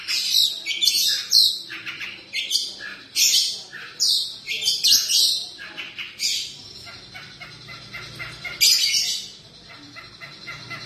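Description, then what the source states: Long-tailed shrike song in bursts of sharp, high chirps and harsh scratchy notes, separated by short quiet gaps. Combination song.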